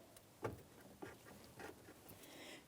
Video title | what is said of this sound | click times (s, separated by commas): How to Replace Radiator 2007-2014 GMC Sierra 2500 HD | Now, I did not hear a click. | none